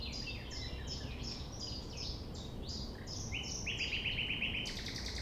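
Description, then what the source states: Common nightingale song with a fast run of repeated buzzy notes near the end, over a busy dawn chorus of chirping and whistling birds. Nightingale singing at 6 a.m. sunrise near the Thève river at Champ de Ménage, not waiting for silence.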